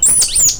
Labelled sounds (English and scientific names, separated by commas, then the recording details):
Stitchbird (Notiomystis cincta) song
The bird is a male
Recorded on Tiritiri Matangi Island, New Zealand, in 2005
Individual 1, of nest box 1